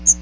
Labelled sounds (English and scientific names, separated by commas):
Magnolia Warbler (Setophaga magnolia) flight call